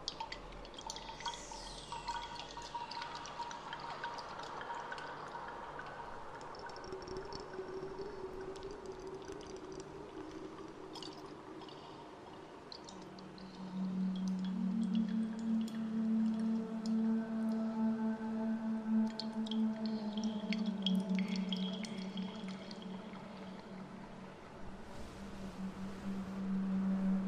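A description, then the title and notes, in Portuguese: Underwater mermaid song: long, wavering sung tones glide and overlap over a constant watery murmur, growing louder and lower around midway. No fundo do mar com o canto da sereia, sons de água e eco.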